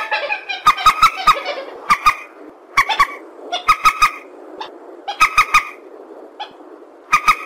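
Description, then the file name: Purple swamphen giving short clusters of nasal, clipped calls with sharp clicks, separated by quieter gaps. "tieng trich re keu"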